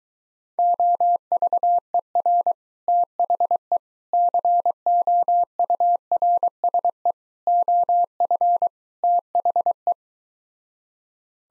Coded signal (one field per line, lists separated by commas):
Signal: Morse code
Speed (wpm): 22 wpm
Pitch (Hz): 700 Hz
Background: none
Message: OVER THE COURSE OF THE